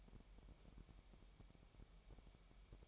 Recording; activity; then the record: daily activity, microphone in the room; take from stove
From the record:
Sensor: 1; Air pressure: 1012.2 hPa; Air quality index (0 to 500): 220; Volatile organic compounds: 5 ppm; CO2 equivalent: 1758 ppm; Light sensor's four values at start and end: 74/177/75/79 and 74/177/75/79